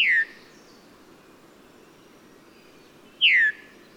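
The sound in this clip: Bird giving two loud downslurred whistled notes about three seconds apart, with quiet background hiss.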